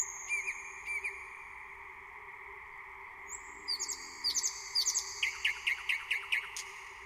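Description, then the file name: Thrush nightingale song: a few short notes, a pause, then high drawn-out whistles and a loud run of about eight sharp, clipped notes, over a steady background hum. "SLOWIK SZARY"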